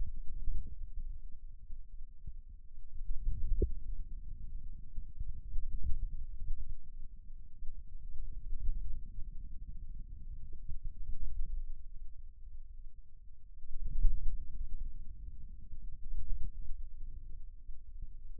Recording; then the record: forearm muscle sounds (acoustic myography)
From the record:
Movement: hand closing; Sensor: system 2, bracelet of six BSWA MPA416 microphones around the upper forearm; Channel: 2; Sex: male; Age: 22 years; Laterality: right